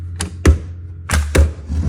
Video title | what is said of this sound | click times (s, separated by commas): Saiga Sporter to AK104! | you got this thumb button here push that in it pops open and it locks into place | 0.2 s, 0.5 s